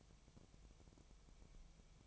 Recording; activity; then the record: daily activity, microphone in the room; take from stove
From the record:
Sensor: 1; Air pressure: 999.3 hPa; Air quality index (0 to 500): 203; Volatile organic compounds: 44 ppm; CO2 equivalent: 3215 ppm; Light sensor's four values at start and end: 9/22/8/9 and 9/21/8/9